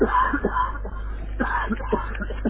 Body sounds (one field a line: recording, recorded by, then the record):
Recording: voluntary cough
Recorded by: telephone call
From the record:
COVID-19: positive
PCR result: checked with the laboratory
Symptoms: yes